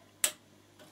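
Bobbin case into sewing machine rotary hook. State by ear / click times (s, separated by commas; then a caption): seated / 0.2 s. A bobbin case on a Bernina 840 Favorite sewing machine is pushed from back to front into the rotary hook under the machine bed. It gives one sharp, loud click at 0.2 seconds, and a faint, softer sound follows near 0.8 seconds. The bobbin case is seated correctly in the hook.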